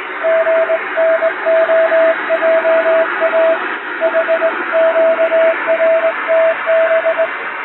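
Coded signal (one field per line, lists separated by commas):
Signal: Morse code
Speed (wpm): 19 wpm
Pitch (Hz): 650 Hz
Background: radio noise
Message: GNOJA HQRTB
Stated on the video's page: Showa-era style shortwave Morse telegram practice sent with a vertical straight key, with noise and fading added, for reception training.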